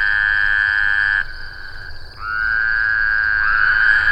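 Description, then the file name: Woodhouse's toad calls as long, buzzy, nasal tones on a steady pitch. One call ends after about a second, and a new one rises in and holds to the end. "bwoodhousii"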